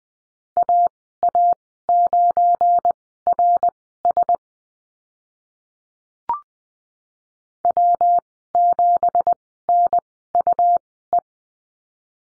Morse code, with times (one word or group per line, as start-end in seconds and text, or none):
0.6-4.4 AA9RS
7.6-11.2 W7NUE